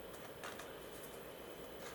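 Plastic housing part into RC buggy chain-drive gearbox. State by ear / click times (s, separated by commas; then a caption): not seated / none. A plastic housing part is handled while being fitted into the chain-drive gearbox of a Kyosho Javelin RC buggy. A steady, low rustle of handling noise runs throughout, with a slightly brighter scrape around 0.4–0.6 s. Nothing has seated or clicked into place yet.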